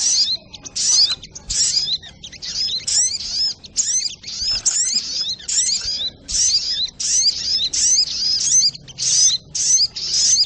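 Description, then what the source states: Little spiderhunter singing a sustained series of shrill, chattering bursts with slurred rising and falling whistles, irregularly spaced phrases close together. Training recording (masteran), labelled labaik.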